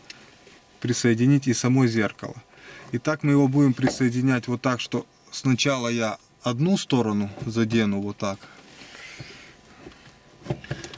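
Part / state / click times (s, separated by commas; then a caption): rearview mirror onto windshield mount / seated / 10.7 s, 10.8 s. An auto-dimming rearview mirror on a Mercedes W210 is touched onto one side of its windshield mount and then pressed onto the other until its plastic latches snap. Someone talks for most of the clip, then a cluster of short clicks ends it. The mirror seats with snaps at 10.7 and 10.8 seconds.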